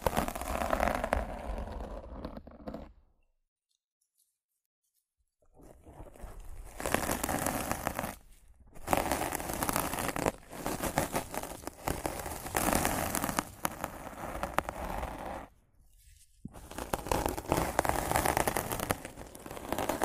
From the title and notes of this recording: Rough Mic Scratching & Brushing (No Talking).